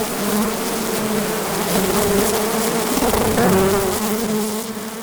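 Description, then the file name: Bee buzzing as a dense swarm, a steady layered hum. About 12000 bees, multichannel recording. "bees recorded 12000 bees multi channel"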